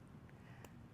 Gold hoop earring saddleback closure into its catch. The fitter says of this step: and then it clicks right into place that's how you know it's secure